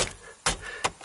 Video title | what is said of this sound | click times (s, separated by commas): 1992 Toyota Pickup Dash | it snaps into place | 0.5 s